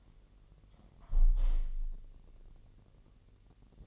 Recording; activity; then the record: daily activity, microphone in the room; close window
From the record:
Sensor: 4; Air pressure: 1001.1 hPa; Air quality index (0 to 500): 246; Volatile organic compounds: 43 ppm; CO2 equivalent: 3198 ppm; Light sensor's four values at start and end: 9/20/8/7 and 9/19/8/7